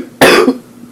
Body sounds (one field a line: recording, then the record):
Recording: coughing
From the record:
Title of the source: Coughing 77